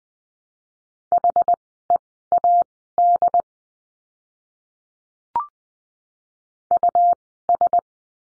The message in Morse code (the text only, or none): HEAD US